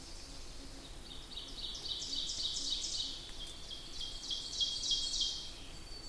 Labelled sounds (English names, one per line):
Ovenbird song